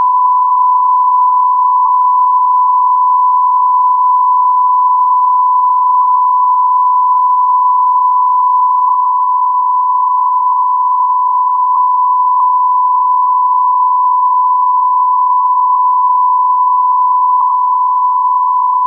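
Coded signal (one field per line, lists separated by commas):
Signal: radio time signal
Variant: Beta, RJH77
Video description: 06:46 : Unmodulated carrier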